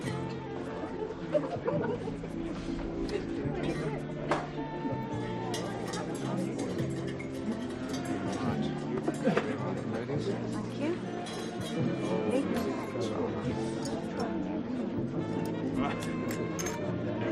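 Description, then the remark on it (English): Steady crowd chatter fills a busy pub on a Saturday night, many overlapping voices blending into a constant hubbub with occasional glass clinks and bursts of laughter, holding an even level throughout. “Popular, this place. Saturday night. But you get a nice crowd in here.”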